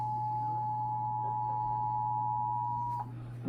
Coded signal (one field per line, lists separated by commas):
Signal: Emergency Alert System (SAME) tones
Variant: 853 and 960 Hz attention tone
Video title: Eas svr on KGG68 and KUHT 8.3 Eas#1002- 1003)